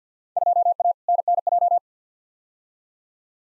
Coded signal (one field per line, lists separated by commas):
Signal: Morse code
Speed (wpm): 50 wpm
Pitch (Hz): 700 Hz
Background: none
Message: 2A NNJ